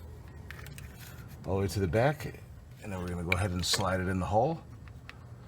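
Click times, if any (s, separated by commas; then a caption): 5.1 s. The number four spark plug wire boot on a Toyota Tacoma is slid into the plug hole and pushed down onto the spark plug. Someone talks while small clicks and rattles sound near the start. A sharp pop at 5.1 s marks the boot seating on the plug.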